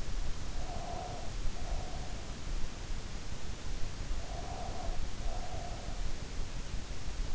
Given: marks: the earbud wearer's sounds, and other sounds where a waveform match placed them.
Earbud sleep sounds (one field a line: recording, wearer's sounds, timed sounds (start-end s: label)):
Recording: sounds in sleep by an in-ear microphone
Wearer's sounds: breath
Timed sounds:
0.42-2.26 s: breath
4.16-6.12 s: breath